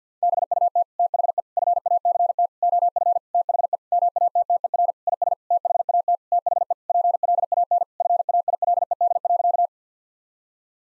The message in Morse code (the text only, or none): BUT THE FACT OF THE MATTER IS THAT THE PLAN FAILED.